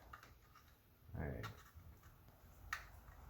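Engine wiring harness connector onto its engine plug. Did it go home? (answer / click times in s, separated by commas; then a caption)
yes / 2.7 s. While reinstalling parts after a valve cover gasket job on a BMW E90 N52 engine, a plastic wiring harness electrical connector is slid through and popped onto its engine plug as someone talks. A single sharp click is heard at 2.7 s, and the connector is seated.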